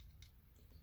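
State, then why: Seated. The plastic snow plow (pilot) of a Walthers Trainline F40PH HO model locomotive is pushed back onto the body, its two holes fitting over pegs underneath. A single sharp click at 0.2 s stands out over a low background hum as the plow snaps into place and seats.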